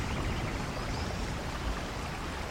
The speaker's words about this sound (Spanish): El agua torrencial está inundando la entrada. Intuimos que la noche será larga, pues aunque toda esa lluvia sea necesaria para los campos y para llenar los pozos, también puede acabar haciendo destrozos.